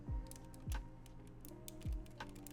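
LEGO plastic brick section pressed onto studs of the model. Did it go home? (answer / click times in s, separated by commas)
no / none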